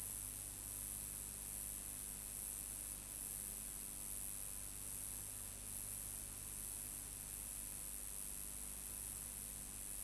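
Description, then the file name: Roesel's bush-cricket song, a shrill, unbroken buzzing reel that brightens in short bursts roughly every second, with a faint low hum beneath. "Metrioptera roeselii"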